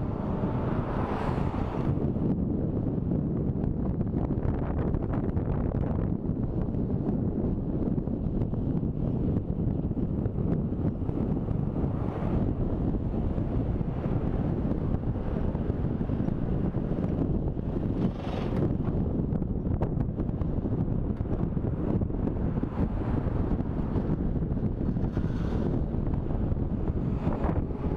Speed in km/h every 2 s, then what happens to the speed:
22, 22, 22, 21, 21, 21, 22, 23, 24, 25, 27, 30, 33, 36.
0-16 steady at about 22. 16-28 speeds up to 36.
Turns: none.